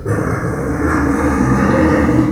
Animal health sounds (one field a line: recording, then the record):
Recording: squeal of a Yucatan mini pig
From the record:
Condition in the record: after surgery on the right vocal fold (resection and tissue-engineered implant)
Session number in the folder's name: 2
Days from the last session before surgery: 18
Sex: female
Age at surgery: 19 weeks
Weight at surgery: 25 kg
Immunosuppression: prednisolone